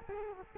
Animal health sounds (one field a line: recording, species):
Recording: mosquito wingbeat signal from an infrared sensor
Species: Culex quinquefasciatus